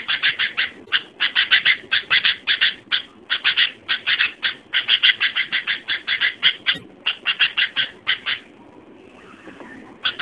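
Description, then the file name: Sooty-headed bulbul song: long series of rapid, bright chirps with brief gaps for about eight seconds, then a short quiet spell. "suara burung kutilang"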